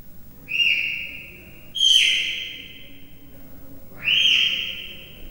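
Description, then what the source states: Leopard cub chirping: three loud, high squeaky chirps a second or two apart, over faint low hum. Three-month-old leopard cub chirping, recorded at Miskolc Zoo, Hungary, 2009.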